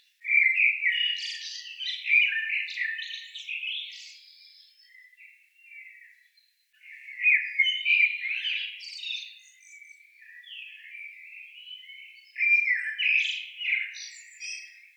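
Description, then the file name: Common blackbird song in three warbled phrases of mellow fluting notes and higher twitters, with quieter gaps between. "Turdus merula"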